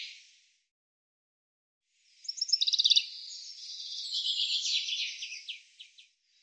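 Bird with a quiet fading note at first, then after a pause a phrase of rapid ticking notes running into a buzzy, warbling trill.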